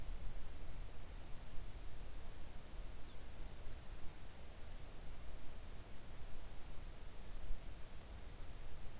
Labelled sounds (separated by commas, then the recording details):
songbird
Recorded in the Arctic National Wildlife Refuge, Alaska, on 3 August 2019 at 06:02
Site 41